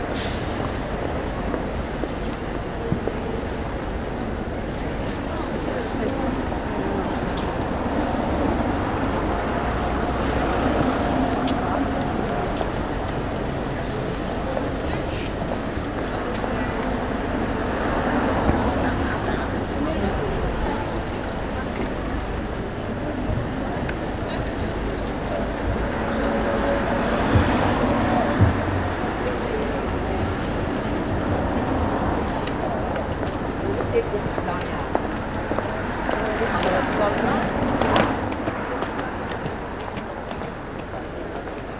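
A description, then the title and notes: A busy shopping street hums with steady crowd chatter and passing traffic, with brief brighter clatters near 11, 28 and 37 seconds. Busy shopping street while shoppers make their way between stores and office workers are seeking out some lunch. The street is busy with busses moving people around the city.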